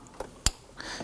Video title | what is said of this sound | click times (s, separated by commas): How to Replace Engine Cooling Fan Assembly 2018-2024 Toyota Camry 2.5L L4 | Going to hear and feel it lock into place. | 0.5 s